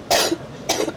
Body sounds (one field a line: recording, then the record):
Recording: coughing mixed with background sound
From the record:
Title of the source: 61 morning phlegmy cough...again